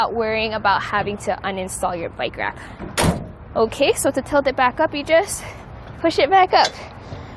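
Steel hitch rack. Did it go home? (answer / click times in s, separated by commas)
no / none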